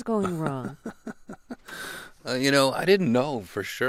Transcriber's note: laughter